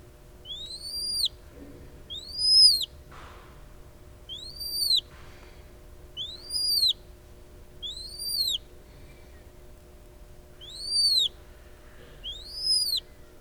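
Noble snipe calls: seven short, arched notes that rise then fall, given at irregular intervals over a faint low hum.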